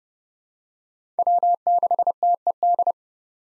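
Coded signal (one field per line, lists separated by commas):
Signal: Morse code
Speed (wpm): 30 wpm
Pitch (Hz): 700 Hz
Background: none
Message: W6TED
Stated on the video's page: Morse practice at 30 wpm of common SOTA chaser call signs, each sent twice.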